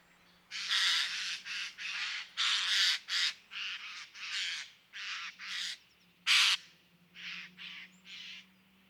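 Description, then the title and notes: Eurasian jay harsh rasping screeches, a long series of broad noisy bursts about every half second, with one louder shriek near the end and a faint low hum beneath. October 2019; jays from northern Europe arriving across the country in large numbers after poor oak fruiting in Scandinavia and probably good breeding; an ambience of varied calls of the species. "sonothèque Fernand DEROUSSEN. Geai des chênes (Garrulus glandarius)"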